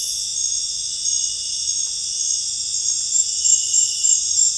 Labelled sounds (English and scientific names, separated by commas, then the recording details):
none
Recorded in dense forest near Puerto Asís, Putumayo, Colombia, on 26 December 2024 at 22:00
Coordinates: 0.484, -76.325
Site G056